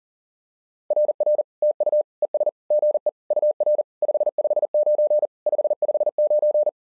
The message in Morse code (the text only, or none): RR TU ES GE UR 559 559